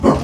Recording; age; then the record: pig call; growing-finishing pig (85 days or more)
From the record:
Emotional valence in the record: positive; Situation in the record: run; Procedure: transit